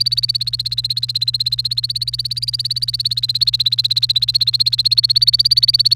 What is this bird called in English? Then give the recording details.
Domestic Canary. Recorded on 29 April 2018 at 17:41. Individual llb3